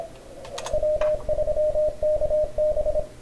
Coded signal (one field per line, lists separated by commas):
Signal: Morse code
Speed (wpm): 24 wpm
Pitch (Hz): 620 Hz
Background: radio noise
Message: W3KB